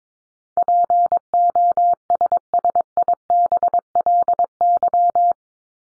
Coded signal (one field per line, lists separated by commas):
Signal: Morse code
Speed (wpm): 22 wpm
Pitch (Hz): 700 Hz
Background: none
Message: POSSIBLY